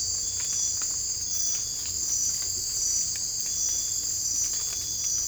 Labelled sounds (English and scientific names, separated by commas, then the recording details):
none
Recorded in secondary vegetation near Puerto Asís, Putumayo, Colombia, on 18 December 2024 at 02:00
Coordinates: 0.481, -76.318
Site G042